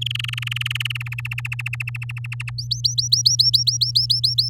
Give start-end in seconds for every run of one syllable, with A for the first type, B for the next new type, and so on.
0.01-1.03 A, 1.06-2.50 B, 2.58-4.49 C